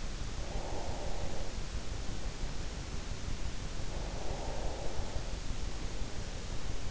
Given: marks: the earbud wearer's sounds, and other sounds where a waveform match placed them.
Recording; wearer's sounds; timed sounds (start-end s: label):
sounds in sleep by an in-ear microphone; breath
0.14-2.82 s: breath
3.69-6.19 s: breath